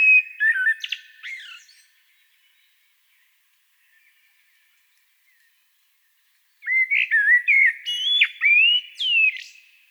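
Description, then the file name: Common blackbird song, two fluting whistled phrases about five seconds apart, each sliding and warbling before breaking into sharp, high squeaky flourishes. "Turdus merula"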